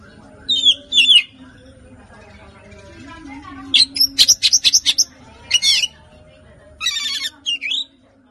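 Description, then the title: Oriental magpie-robin song: scattered bursts of loud, varied whistles and harsh chattering notes between quiet pauses, with a low steady hum underneath. "Kacer"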